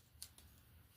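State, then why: Seated. A folded plastic leg section of a Transformers Studio Series 113 Voyager Class BBM Skywarp action figure is collapsed and slid into the body during transformation, locking into place with a sharp, bright click at 0.2 s. A fainter tick follows at 0.4 s, over a steady low background hum. The leg section is seated.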